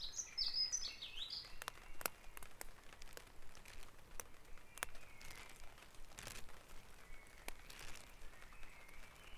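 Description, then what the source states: Birds singing, a bright run of high, twittering notes at the start, then fainter chirps over a steady low rumble of background noise. Dawn chorus recorded at Back Dragon Avenue, Harrogate, as part of a sound map of Harrogate.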